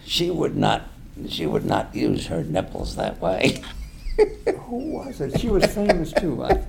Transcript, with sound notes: She would not. She would not use her nipples that way.
[laughs] Who was it? She was famous, too.